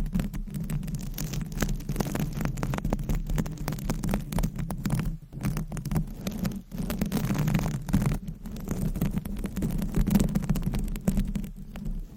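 Scratching and tapping run almost without pause, a dense scatter of short crisp strokes over a steady low hum. The scraping sounds rough and grainy, with brief dips near five and seven seconds before the busy texture returns.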